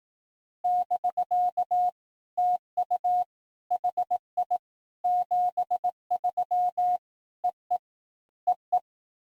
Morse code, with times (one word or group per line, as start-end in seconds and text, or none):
0.6-1.9 <BK>
2.4-3.2 TU
3.7-4.6 HI
5.0-7.0 73
7.4-7.8 EE
8.5-8.8 EE